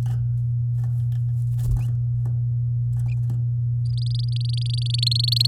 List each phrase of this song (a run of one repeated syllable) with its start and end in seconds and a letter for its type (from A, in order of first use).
3.86-5.47 A